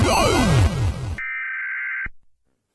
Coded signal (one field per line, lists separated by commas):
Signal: Emergency Alert System (SAME) tones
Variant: header bursts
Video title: EAS Alarma animated Part:2 Série:2